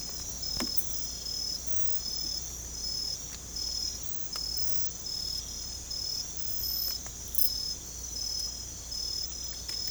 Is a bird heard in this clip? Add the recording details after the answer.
no. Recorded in secondary vegetation near Puerto Asís, Putumayo, Colombia, on 18 December 2024 at 03:00. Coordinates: 0.468, -76.324. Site G095